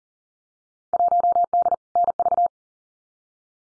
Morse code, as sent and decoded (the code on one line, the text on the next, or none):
.---- -.. / -. ...-
1D NV